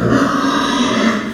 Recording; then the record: squeal of a Yucatan mini pig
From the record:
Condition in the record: after surgery on the right vocal fold (resection and tissue-engineered implant); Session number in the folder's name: 12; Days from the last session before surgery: 105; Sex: female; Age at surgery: 19 weeks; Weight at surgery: 25 kg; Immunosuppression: prednisolone